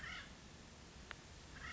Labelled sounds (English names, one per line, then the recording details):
Acorn Woodpecker
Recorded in Sonoma County, California